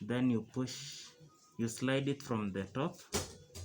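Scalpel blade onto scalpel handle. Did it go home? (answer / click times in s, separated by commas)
no / none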